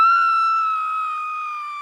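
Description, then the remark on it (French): A woman screams in one long, piercing, high-pitched cry that holds steady for about two seconds, sagging slightly in pitch and loudness toward the end, with no talking. “Alors, on laisse la petite madame crier et on se retrouve tout de suite après.”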